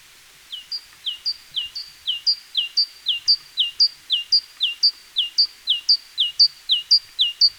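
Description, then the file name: Great tit starting softly and growing louder, a high note paired with a lower falling note, repeated at a steady two-per-second beat. "Parus major"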